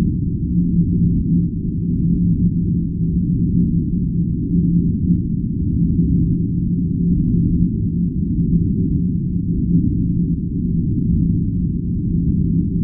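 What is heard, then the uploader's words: A steady, pulsing white noise ambience, muffled and deep, with all of its sound sitting low and nothing bright above. A faint low hum runs through it while the level flickers rapidly but evenly, unchanging from start to finish. Pulsing White Noise Ambience for those who enjoy a different tone.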